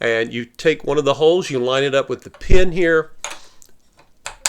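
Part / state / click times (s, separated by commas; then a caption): decorative stitch cam onto cam pin of a sewing machine / seated / 4.5 s. Someone talks while a plastic decorative-stitch cam is lined up by one of its holes on the metal cam pin of a Kenmore 158.1931 sewing machine, with the cam follower lever held back. After the talking, a few light handling clicks are heard as the cam is pressed down. A sharp snap at 4.5 s marks the cam seating onto the pin.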